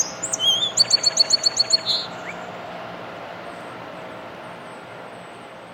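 Song sparrow singing: a few high opening notes, then a quick even trill of about eight notes ending in a lower note, followed by quiet background hum.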